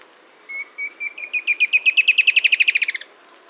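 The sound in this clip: Bird trill: a few spaced thin notes, then a fast run of many buzzy repeated notes that stops abruptly, with a faint steady hiss behind.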